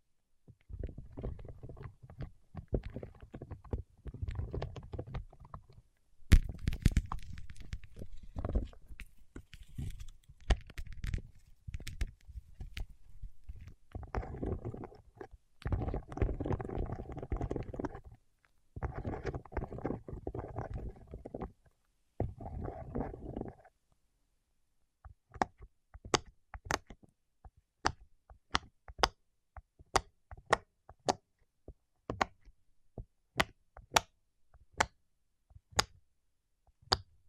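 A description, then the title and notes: Waxed fingertips rub and squelch in dense, low, crackly bursts for the first twenty-odd seconds, broken by short pauses. After that the rubbing stops and only sharp, dry clicks remain, ticking irregularly about once or twice a second until the end. ASMR with Wax Fingertips for Sleep (No Talking).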